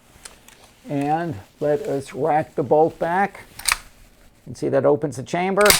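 A metal magazine is inserted into the pistol grip magazine well of an Israeli Uzi carbine, with two sharp hits at 0.3 s and 0.5 s as it seats. Someone then talks, and two more sharp sounds come at about 3.6 s and 3.7 s.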